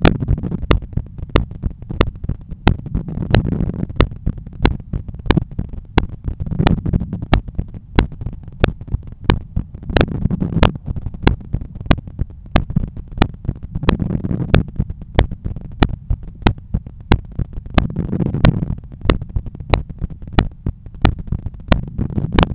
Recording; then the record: heart sounds by stethoscope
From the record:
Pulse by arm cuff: 92 bpm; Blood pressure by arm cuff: 132/84 mmHg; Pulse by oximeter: 94 bpm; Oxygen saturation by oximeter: 97%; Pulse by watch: 95 bpm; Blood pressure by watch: 128/84 mmHg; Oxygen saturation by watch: 97%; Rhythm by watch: sinus rhythm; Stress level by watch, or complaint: low stress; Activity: after 5 min smoking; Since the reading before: plus 500 steps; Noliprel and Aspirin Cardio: after pills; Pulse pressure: 48 mmHg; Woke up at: 7:20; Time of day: 13:49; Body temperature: 35 C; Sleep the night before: 8 h 11 min, score 61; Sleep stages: REM 22%, light 68%, deep 3%, awake 7%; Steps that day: 9500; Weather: sunny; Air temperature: 27.2 C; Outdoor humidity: 51%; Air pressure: 1015 hPa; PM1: 9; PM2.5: 12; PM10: 16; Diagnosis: hypertension, treated with Noliprel and Aspirin Cardio 100 mg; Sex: male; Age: 53 years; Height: 174 cm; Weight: 81 kg